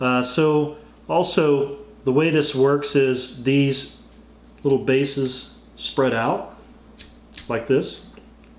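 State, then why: Not seated. Someone talks while spreading the small metal pot-support arms of an ultralight portable gas camping stove for bikepacking outward toward their open position, with brief handling sounds near the end. Nothing has seated or clicked into place yet.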